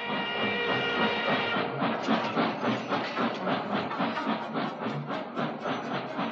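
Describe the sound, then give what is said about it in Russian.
A long, heavy train rumbles along the rails with a dense, continuous roar, rhythmic clattering pulses and a steady hiss over low mechanical drone, with no voices. “Во все концы страны бегут длинные тяжелые поезда.”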